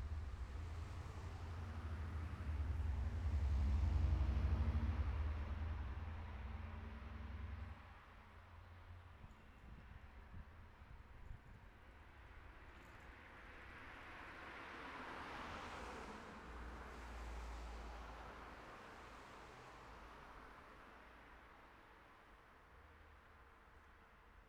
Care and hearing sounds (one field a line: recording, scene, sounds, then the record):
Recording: everyday scene through a hearing-aid microphone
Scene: in traffic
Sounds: traffic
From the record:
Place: city secondary road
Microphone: behind the ear, right, front